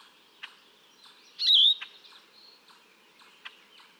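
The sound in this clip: Yellow-throated vireo song: one burry, slurred phrase stands out clearly, with faint clicks and soft chirps from other birds around it.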